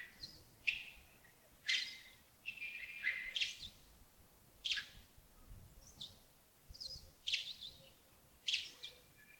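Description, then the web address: Birds giving short high chirps and squeaky notes at irregular intervals, with faint background hiss. Early morning at Yagongding (亚公顶), 28 December 2025, about 07:40. "2025-12-28 亚公顶清晨 251228 074040 birds"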